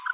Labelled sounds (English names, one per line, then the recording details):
Green-rumped Parrotlet babbling
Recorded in a nest box in Venezuela
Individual 18B25A4